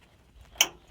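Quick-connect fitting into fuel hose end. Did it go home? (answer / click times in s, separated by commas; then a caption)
yes / 0.6 s. A second plastic quick-connect fitting is pushed into the end of a fuel hose during an in-tank fuel pump replacement on a Dodge Ram 3500, seated in the hose first so fuel pressure won't blow the hose off the pump nipple. After a quiet low rumble, a single sharp, bright click sounds at 0.6 s and fades quickly. The fitting clicks and locks into place in the hose.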